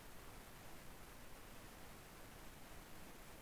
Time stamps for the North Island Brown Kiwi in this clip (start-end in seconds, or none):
none